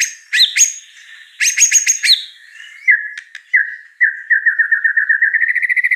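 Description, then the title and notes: White-rumped shama song opening with loud sharp whistles and chatters, then a long series of quick, even, slightly rising notes speeding toward the end. Lure song for white-rumped shama, described as energetic with a rich, varied repertoire. "Pancingan Gacor Murai Batu Bongkar Isian Mewah. Murai Batu Dongfeng"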